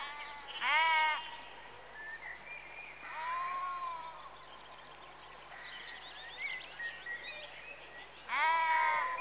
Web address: Sound Effects Library (Exterior Atmospheres-Rural Backg) Sheep Early Evening- Close